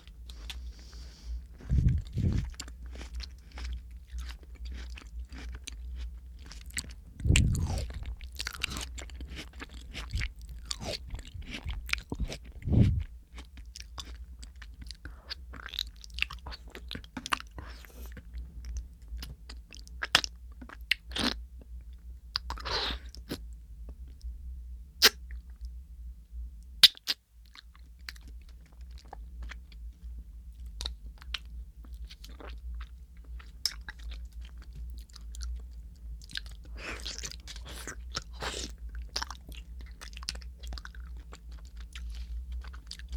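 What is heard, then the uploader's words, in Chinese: Mouth sounds: wet clicks, crunches and chewing noises come irregularly across the whole recording, with a few heavier thumps near the start. A steady low hum sits underneath throughout, briefly cutting out just before the halfway point. 口腔助眠asmr。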